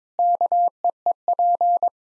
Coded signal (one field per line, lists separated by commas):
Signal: Morse code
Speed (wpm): 21 wpm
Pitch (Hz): 700 Hz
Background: none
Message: KEEP